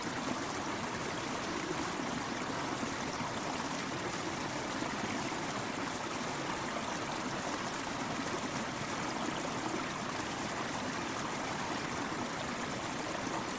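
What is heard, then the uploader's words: Water runs steadily down a mountain creek, a dense, unbroken rush of splashing and gurgling that holds an even level throughout. The sound is full, with bright fizzing spray on top and a softer, rounded burble underneath, and no other sounds break through. Mountain Creek River. This episode is water gently going down a mountain creek.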